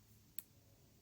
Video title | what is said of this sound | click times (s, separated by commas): Nintendo DS Lite Broken Hinge Repair FIX | Keep going more and you'll hear a second louder click. Now it's in the fully open position. | 0.4 s